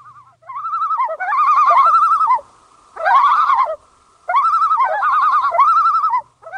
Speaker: This is the call of the common loon.